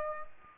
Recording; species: mosquito wingbeat signal from an infrared sensor; Aedes aegypti